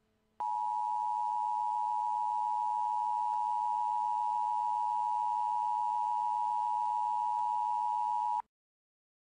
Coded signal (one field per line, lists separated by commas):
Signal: Emergency Alert System (SAME) tones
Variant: 853 and 960 Hz attention tone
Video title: EAS Scenario #2 Global Hurricane